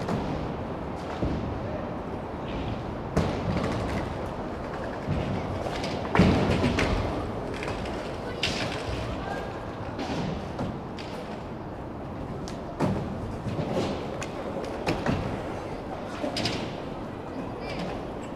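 Skateboard practice: a steady rolling rumble with frequent sharp clacks and thuds, the loudest around six seconds, plus faint voices underneath.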